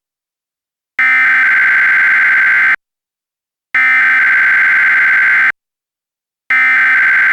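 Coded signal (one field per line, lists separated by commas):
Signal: Emergency Alert System (SAME) tones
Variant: header bursts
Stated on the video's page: Mock recreation of a Comcast cable Required Weekly Test from South Carolina.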